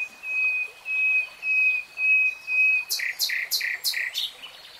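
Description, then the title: Nightingale song: five long pure whistled notes repeated at an even pace, then a burst of quick, harsher notes. Nightingale singing in real time. "[Tiếng chim hót] 3 Hours REALTIME Nightingale Singing"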